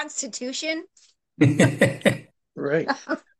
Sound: laughs

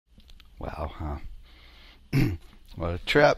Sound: clears throat

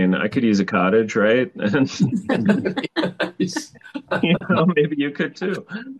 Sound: laughs

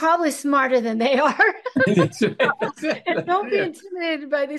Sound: laughs

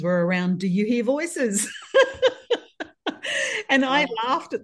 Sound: laughs

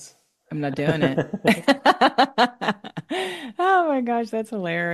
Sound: laughs

